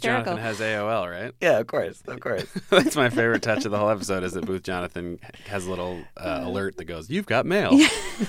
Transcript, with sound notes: Booth Jonathan has AOL, right?
Yeah. Of course. Of course.
(LAUGHTER)
That's my favorite touch of the episode is that Booth Jonathan has a little alert that goes, you've got mail.